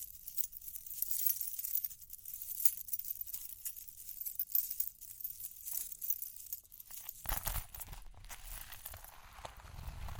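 Soft scratching and fine tapping run throughout, crisp and bright with a dense crackling texture and little low sound. Around seven seconds the scratching becomes fuller and rougher, adding a low rumble and brushing noise through the end.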